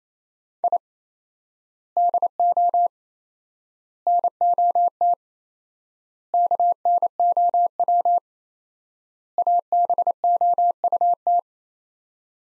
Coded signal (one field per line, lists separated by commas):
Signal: Morse code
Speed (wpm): 27 wpm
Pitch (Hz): 700 Hz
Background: none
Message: I DO NOT KNOW ABOUT